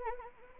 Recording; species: mosquito wingbeat signal from an infrared sensor; Anopheles arabiensis